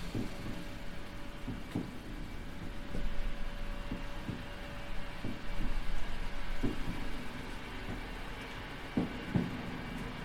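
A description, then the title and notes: Footsteps move through a passageway, landing as soft, irregular thuds about once a second, with a few sharper knocks near the middle and end. A steady low rumble runs underneath, and a thin, constant tone hums through the whole clip, like a monitor. The Ambient Spaceship Soundscape. Connecting these are various sections of passageways, walking on soft and hard textured surfaces, and various computer-controlled monitors and timers heard along the way.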